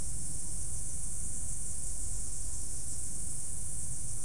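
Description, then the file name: Insect chorus: a constant, high, hiss-like drone with no breaks, over a low steady rumble. "mainly insect"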